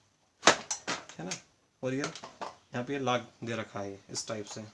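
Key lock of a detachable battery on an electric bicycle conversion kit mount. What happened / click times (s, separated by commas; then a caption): The battery key lock clicks open / 0.5 s, 0.7 s. A key lock holding the detachable battery of a Geekay electric bicycle conversion kit in its mount is turned to unlock it. Two sharp clicks sound at 0.5 s and 0.7 s as the lock clicks open and releases the battery, and someone talks before and after.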